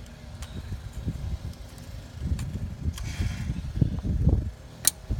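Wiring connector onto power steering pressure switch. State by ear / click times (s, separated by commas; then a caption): seated / 4.9 s. An electrical connector is pushed back onto the power steering pressure switch on the high-pressure hose of a 2013 Nissan Titan. Low rumbling and handling noise lead up to a single sharp click at 4.9 s. The connector is seated and confirmed good.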